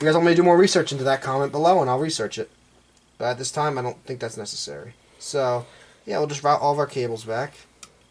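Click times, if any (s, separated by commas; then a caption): none. A small Wi-Fi antenna coax connector is handled near the Wi-Fi card of a Dell Latitude laptop while its cables are routed back, before the connector is pressed on. Someone talks through most of the clip, with a brief sharp sound at 7.8 s. Nothing has seated or clicked yet.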